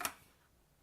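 Press-fit parts are pushed fully home into a 3D printer's Z stage/electronics mounting plate, with the plate turned back over and given a really solid push. A sharp tick is heard at 0.0 s and again at 0.1 s, then quiet, and the parts are seated.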